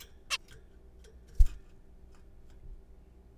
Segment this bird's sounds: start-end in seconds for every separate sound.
0.30-0.37